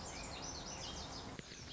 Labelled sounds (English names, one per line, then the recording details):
Lazuli Bunting
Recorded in Sonoma County, California